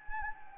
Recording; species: mosquito wingbeat signal from an infrared sensor; Anopheles gambiae